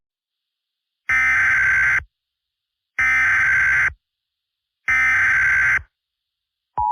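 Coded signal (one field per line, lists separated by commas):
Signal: Emergency Alert System (SAME) tones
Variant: header bursts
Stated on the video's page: Fictional EAS scenario.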